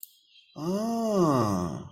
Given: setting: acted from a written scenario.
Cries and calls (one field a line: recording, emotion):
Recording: vocal sound without words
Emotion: interest